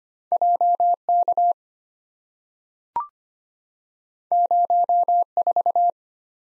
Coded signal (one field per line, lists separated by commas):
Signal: Morse code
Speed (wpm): 25 wpm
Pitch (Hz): 700 Hz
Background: none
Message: JK 04